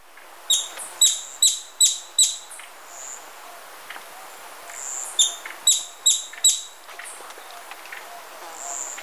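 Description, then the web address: Streak-capped treehunter calls: a burst of five sharp, dry notes delivered quickly, then after a few seconds a burst of four, with soft high whistles behind. Recorded in Ecuador. "Natures Songs S America Birds of Ecuador Streak-capped Treehunter"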